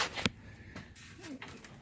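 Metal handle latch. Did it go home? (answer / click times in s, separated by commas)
yes / 0.3 s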